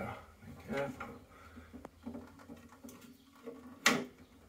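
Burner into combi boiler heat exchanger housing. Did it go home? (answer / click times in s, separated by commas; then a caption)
yes / 3.9 s. A burner is slid back into the heat exchanger housing of a Worcester Bosch 28i Junior combi boiler and pushed down until it locks. Someone talks over low rumble and small knocks, then a sharp click at 3.9 s as the burner seats home.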